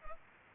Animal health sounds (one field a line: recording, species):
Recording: mosquito wingbeat signal from an infrared sensor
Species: Culex pipiens